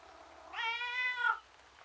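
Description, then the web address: Domestic cat meow: one long, drawn-out, harmonic wail lasting under a second, slightly wavering and ending louder, over a quiet low hum. Miserable tom cat, male, outdoors. "BBC Sound Effects Library. Miserable Tom Cat"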